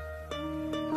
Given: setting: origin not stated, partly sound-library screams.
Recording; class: one-second piece from a danger detection set; normal situation